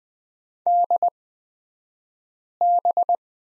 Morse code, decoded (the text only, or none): DB